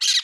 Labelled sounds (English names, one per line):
Brown-throated Parakeet contact call